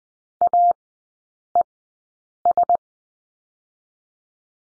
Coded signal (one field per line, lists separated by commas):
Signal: Morse code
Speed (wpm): 20 wpm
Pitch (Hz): 700 Hz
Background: none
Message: AES